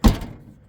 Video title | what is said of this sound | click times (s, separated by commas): 2008-2013 Nissan Rogue Trunk Latch Replacement | it is not latching whatsoever | none